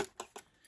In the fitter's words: can feel when it's lined up it actually snaps right into place and